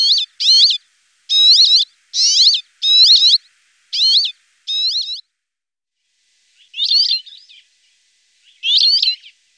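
Rock sparrow giving nasal, wheezy calls with a twanging, harmonic tone, delivered in a loose series of seven, then two more after a pause.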